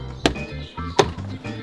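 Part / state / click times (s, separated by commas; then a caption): plastic trim clips of a door panel into the car door frame / seated / 0.3 s, 1.0 s. Plastic push clips of a car door trim panel are pressed into the car door frame, with two sharp snaps at 0.3 s and 1.0 s over a steady low background hum. The clips snap home and the door panel is seated in place.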